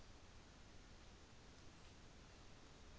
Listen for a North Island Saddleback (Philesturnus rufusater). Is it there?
no